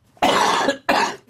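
Two loud, harsh coughs in quick succession. The first lasts about half a second and the second is a little shorter. It is a deliberate, voluntary cough by an adult man, with a dry, rough quality. He had been ill a few days before.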